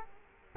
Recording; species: mosquito wingbeat signal from an infrared sensor; Culex quinquefasciatus